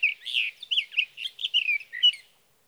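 Sage thrasher song fragment, a short burst of fast slurred warbling notes lasting about two seconds before fading out.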